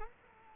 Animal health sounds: mosquito wingbeat signal from an infrared sensor; Culex quinquefasciatus

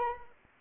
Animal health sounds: mosquito wingbeat signal from an infrared sensor; Anopheles arabiensis

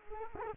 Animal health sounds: mosquito wingbeat signal from an infrared sensor; Culex quinquefasciatus

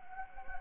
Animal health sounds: mosquito wingbeat signal from an infrared sensor; Anopheles gambiae

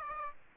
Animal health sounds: mosquito wingbeat signal from an infrared sensor; Aedes aegypti

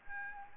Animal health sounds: mosquito wingbeat signal from an infrared sensor; Aedes albopictus

